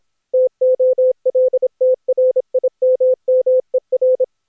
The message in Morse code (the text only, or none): TOLTRIMMER